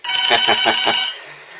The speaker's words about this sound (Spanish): teléfono en cabina